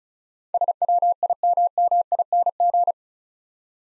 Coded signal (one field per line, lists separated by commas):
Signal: Morse code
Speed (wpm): 34 wpm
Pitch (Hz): 700 Hz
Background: none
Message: SWIMMING